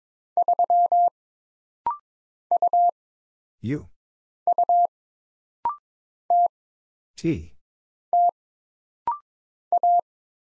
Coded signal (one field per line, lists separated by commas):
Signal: Morse code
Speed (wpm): 22 wpm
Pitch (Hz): 700 Hz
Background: none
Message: 3 U U T T A